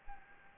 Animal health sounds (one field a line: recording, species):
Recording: mosquito wingbeat signal from an infrared sensor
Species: Anopheles gambiae